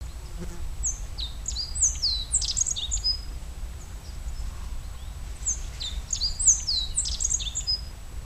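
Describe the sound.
Godlewski's bunting song: a quick phrase of thin, high, downslurred notes, sung twice with a short pause between.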